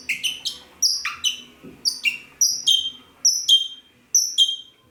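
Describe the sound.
Red-rumped parrot giving clear, downslurred whistled notes, mostly in pairs, repeated roughly every second, with faint low sounds behind.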